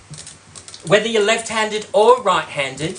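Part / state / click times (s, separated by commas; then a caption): can opener cutting around a can lid / not seated / none. A plastic safety can opener has its knob turned clockwise around a can to cut the lid, making faint mechanism ticks at about 0.1, 0.6, 0.7 and 0.7 s before someone talks. The completion click after a full 360° turn has not sounded; only the pressure easing is felt.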